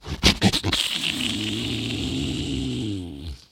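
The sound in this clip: Deer giving a long, rough groan with low harmonics, opening with a few clicking pulses and then a sustained rasp of nearly three seconds.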